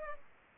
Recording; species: mosquito wingbeat signal from an infrared sensor; Culex pipiens